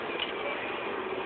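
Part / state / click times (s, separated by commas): tool holder onto lathe quick change tool post / seated / 0.2 s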